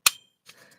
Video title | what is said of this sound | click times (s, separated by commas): Kizer Knives New Line up and SHARPENING Live | nice snap no rattle no tap | 0.1 s